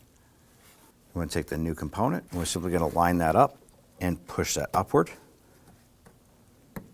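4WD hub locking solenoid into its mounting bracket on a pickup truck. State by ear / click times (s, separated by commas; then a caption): seated / 6.8 s. Someone talks while a new 4WD hub locking solenoid is lined up and pushed upward into its mounting bracket on a 2015-2020 Ford F-150 pickup truck. After the talking stops, a faint tick comes at 6.1 seconds, then a sharp click at 6.8 seconds as the locking tab engages and the solenoid seats in place.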